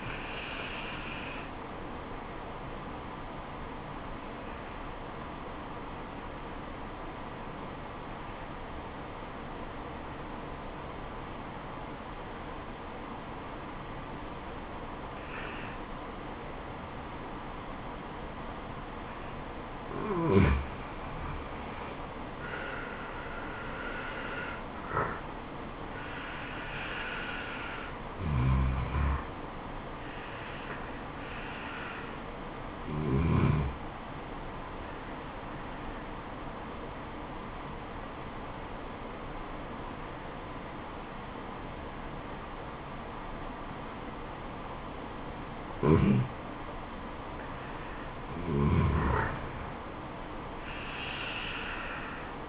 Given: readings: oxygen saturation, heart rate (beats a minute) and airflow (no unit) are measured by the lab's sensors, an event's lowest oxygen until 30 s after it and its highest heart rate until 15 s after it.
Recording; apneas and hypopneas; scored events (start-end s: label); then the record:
breathing in sleep by a voice recorder at the bedside; 2
3.00-22.50 s: obstructive apnea (N2, oxygen 94% highest, then 87% lowest, heart rate 73 at the start, 77 highest)
37.00-48.40 s: obstructive apnea (N2, oxygen 95% highest, then 91% lowest, heart rate 66 at the start, 79 highest)
From the record:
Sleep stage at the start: N2 (light sleep); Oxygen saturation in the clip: 87 to 96%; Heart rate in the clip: 66 to 79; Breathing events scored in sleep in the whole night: 426 in 7.4 hours asleep